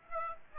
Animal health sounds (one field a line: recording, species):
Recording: mosquito wingbeat signal from an infrared sensor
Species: Aedes aegypti